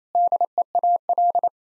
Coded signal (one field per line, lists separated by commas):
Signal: Morse code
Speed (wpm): 27 wpm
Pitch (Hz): 700 Hz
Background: none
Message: DEAL